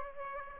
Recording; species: mosquito wingbeat signal from an infrared sensor; Aedes aegypti